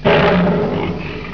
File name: loewe